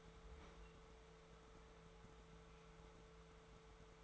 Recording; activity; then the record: daily activity, microphone in the room; open fridge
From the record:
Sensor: 3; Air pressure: 1014.9 hPa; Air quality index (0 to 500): 200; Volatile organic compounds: 28 ppm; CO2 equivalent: 2916 ppm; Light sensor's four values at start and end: 38/94/40/43 and 38/94/40/43